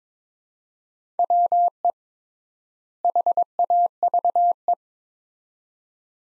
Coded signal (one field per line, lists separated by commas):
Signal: Morse code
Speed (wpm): 22 wpm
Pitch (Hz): 700 Hz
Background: none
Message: WE HAVE